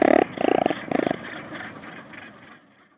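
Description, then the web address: Razorbill growling calls: three harsh, pulsing, buzzy bursts in quick succession, then a fainter trailing growl fading out. "Schulze Peter Razorbill"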